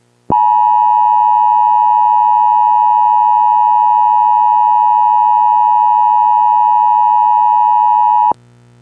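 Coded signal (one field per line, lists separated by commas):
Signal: Emergency Alert System (SAME) tones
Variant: 853 and 960 Hz attention tone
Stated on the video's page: Fictional EAS scenario of a tri-state weather disaster.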